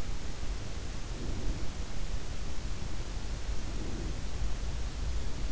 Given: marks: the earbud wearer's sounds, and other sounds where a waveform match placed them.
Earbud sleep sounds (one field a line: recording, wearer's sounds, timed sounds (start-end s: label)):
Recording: sounds in sleep by an in-ear microphone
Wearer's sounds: breath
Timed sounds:
0.95-2.02 s: breath
3.32-4.51 s: breath